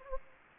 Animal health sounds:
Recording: mosquito wingbeat signal from an infrared sensor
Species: Anopheles gambiae

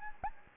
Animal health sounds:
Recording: mosquito wingbeat signal from an infrared sensor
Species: Anopheles gambiae

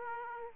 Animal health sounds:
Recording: mosquito wingbeat signal from an infrared sensor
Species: Aedes aegypti

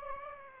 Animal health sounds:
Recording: mosquito wingbeat signal from an infrared sensor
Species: Aedes aegypti

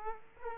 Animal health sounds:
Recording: mosquito wingbeat signal from an infrared sensor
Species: Aedes aegypti

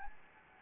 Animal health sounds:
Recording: mosquito wingbeat signal from an infrared sensor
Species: Anopheles gambiae

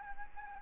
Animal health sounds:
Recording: mosquito wingbeat signal from an infrared sensor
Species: Anopheles arabiensis

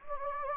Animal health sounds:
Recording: mosquito wingbeat signal from an infrared sensor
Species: Anopheles gambiae

